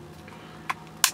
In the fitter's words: until we hear the click